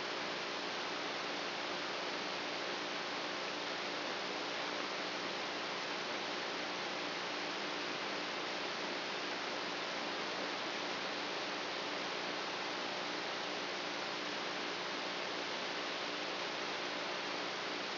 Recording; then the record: brain microelectrode recording played as sound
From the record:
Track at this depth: outside the subthalamic nucleus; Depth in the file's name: -0.909 mm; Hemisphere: right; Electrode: 3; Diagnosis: Parkinson's disease